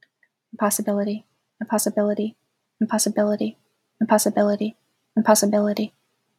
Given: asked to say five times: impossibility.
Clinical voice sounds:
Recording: repeated word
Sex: female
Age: 20 to 29 years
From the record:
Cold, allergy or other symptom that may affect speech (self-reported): no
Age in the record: 23 years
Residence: Connecticut, United States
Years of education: 16

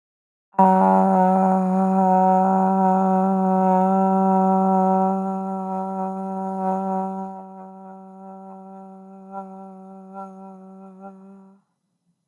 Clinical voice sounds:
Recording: vowel held as long as possible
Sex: female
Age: 20 to 29 years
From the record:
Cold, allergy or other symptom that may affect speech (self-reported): no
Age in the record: 21 years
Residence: Illinois, United States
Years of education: 15

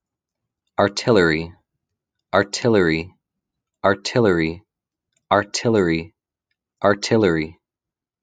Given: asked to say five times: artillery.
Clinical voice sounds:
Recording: repeated word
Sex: male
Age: 30 to 39 years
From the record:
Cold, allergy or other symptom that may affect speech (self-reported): no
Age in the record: 31 years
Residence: Texas, United States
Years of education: 25

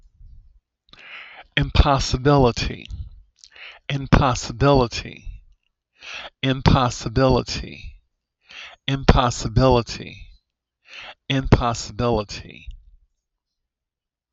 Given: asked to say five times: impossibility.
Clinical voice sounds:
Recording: repeated word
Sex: male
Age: 30 to 39 years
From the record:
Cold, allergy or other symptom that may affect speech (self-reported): no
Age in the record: 32 years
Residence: Illinois, United States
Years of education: 16

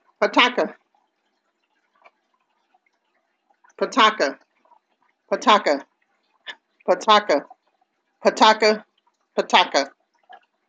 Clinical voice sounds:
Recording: repeated syllables /pa ta ka/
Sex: female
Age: 50 to 59 years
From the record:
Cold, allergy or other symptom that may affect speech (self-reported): no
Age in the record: 50 years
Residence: Ohio, United States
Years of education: 12

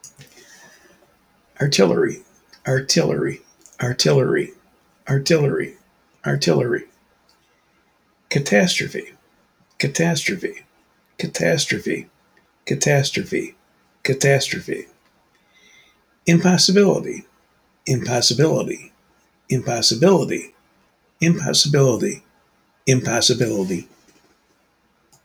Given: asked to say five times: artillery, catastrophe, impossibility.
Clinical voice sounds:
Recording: three words, each repeated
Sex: male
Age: 50 to 59 years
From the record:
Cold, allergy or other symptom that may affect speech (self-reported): no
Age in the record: 59 years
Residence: Oregon, United States

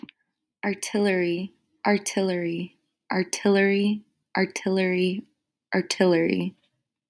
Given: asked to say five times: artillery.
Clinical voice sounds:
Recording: repeated word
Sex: female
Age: 20 to 29 years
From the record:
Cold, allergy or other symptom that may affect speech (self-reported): no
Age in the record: 25 years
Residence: Colorado, United States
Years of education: 17

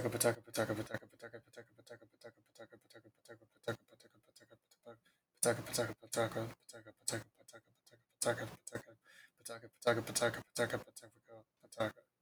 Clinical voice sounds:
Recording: repeated syllables /pa ta ka/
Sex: male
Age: 20 to 29 years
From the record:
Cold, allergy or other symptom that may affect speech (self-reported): no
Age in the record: 24 years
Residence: Texas, United States

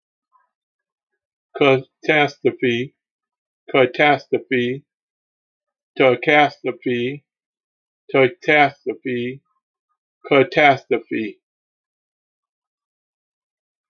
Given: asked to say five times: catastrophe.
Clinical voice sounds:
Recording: repeated word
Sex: male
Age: 60 to 69 years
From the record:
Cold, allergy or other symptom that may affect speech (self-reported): no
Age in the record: 61 years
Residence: South Carolina, United States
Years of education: 14

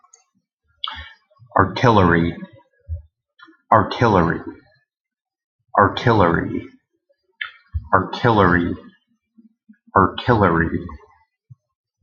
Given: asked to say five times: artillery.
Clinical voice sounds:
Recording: repeated word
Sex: male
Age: 40 to 49 years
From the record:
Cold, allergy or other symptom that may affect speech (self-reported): no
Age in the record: 40 years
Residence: Iowa, United States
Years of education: 15

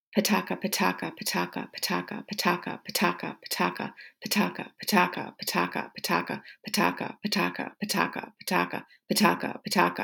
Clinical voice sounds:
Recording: repeated syllables /pa ta ka/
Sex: female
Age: 40 to 49 years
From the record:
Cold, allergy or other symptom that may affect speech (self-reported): no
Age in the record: 41 years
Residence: Wisconsin, United States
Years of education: 17

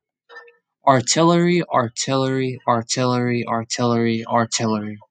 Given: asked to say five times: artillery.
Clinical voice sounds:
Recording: repeated word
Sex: male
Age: 20 to 29 years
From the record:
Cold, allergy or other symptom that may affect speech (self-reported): no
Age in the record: 28 years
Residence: New York, United States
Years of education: 12

